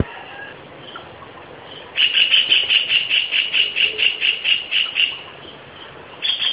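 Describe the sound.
White-throated kingfisher calling with a long, shrill, rapidly repeated rattle lasting several seconds, then a short fresh burst near the end.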